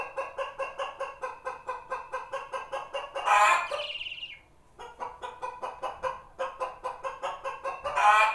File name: chicken